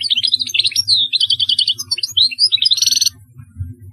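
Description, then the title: European goldfinch twittering song of varied chirps, slurred notes and a buzzy trill, lasting about three seconds before a low background hum remains. "Chant Chardonneret"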